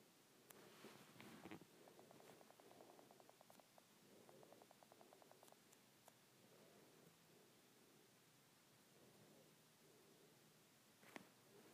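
Fingertips tap on a tablet screen: scattered soft clicks early on, then quick, even runs of light taps around the second and fifth seconds. After a calmer stretch with faint low hum, one sharper tap lands near the end.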